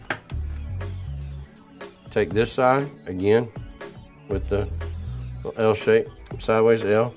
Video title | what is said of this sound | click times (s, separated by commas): Computer Basics Hardware 720p | We're going to push until we hear it click. | 0.1 s